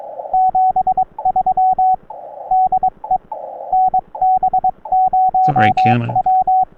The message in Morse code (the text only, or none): 73 DE NB0W